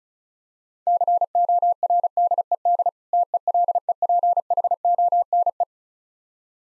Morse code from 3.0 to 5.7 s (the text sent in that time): TELEPHONE